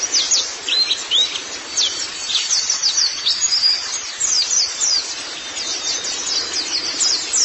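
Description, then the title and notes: White-eye song: bursts of very high, quick sliding chirps, coming in uneven spurts with short pauses between them. "Kicauan Burung Pleci Durasi Panjang. Suara kicauan burung pleci"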